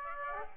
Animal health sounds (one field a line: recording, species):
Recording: mosquito wingbeat signal from an infrared sensor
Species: Aedes aegypti